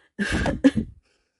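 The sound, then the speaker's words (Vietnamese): Two dry, raspy coughs in quick succession from a sick, feverish person lying in bed, the first longer and the second a short sharp burst, with silence after. “ho khan 2 tiếng.”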